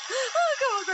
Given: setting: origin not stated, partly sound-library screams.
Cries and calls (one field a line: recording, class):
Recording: one-second piece from a danger detection set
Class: woman in danger